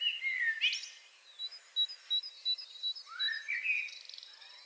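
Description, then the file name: Common blackbird singing short warbled phrases that swoop down then rise, amid a busy chorus of thin, high chirps and trills from other birds. "Turdus merula"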